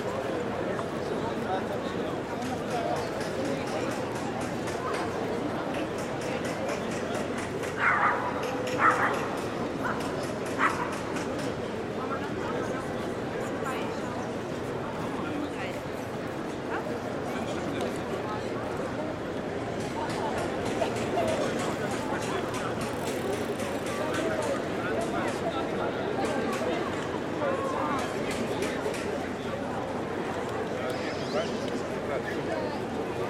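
Steady crowd murmur around the church square, dense overlapping voices, with a few brief louder calls or barks around eight to eleven seconds.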